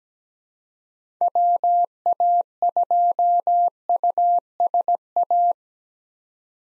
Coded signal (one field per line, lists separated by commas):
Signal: Morse code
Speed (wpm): 17 wpm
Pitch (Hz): 700 Hz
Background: none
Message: WA2USA